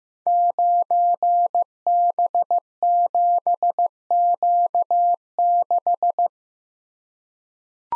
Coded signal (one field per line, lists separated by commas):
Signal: Morse code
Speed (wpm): 15 wpm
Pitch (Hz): 700 Hz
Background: none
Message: 9B7Q6